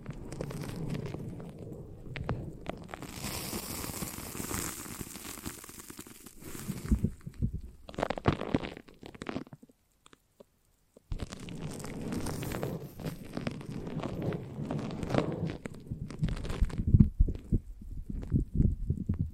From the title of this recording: The Foamiest and Stickiest Brain Massage